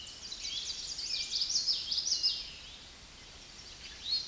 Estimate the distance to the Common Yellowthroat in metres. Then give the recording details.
about 20 m. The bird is about 5 m above the microphone. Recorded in a Pennsylvania forest on 16 May 2024 at 07:18. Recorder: AudioMoth, point MSD-2061. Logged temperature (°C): 16.1 °C. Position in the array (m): 240 m, 170 m